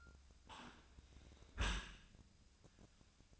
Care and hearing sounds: daily activity, microphone in the room; close dishwasher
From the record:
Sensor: 2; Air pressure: 1003.0 hPa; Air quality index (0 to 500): 198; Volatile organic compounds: 6 ppm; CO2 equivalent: 1882 ppm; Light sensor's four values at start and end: 15/35/15/16 and 15/35/15/16

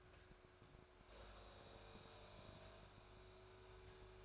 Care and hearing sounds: daily activity, microphone in the room; make coffee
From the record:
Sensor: 2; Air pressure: 1014.6 hPa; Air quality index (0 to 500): 189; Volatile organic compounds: 17 ppm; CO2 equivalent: 2592 ppm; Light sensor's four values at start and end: 4/10/3/4 and 4/10/3/4

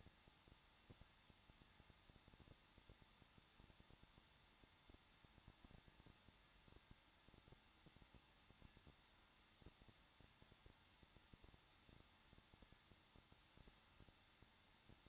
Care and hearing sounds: daily activity, microphone in the room; no activity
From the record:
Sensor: 3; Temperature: 21.2 degrees Celsius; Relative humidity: 36.4%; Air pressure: 1006.4 hPa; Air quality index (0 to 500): 224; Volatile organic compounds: 44 ppm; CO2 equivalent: 3211 ppm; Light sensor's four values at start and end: 2/3/2/2 and 2/3/2/2

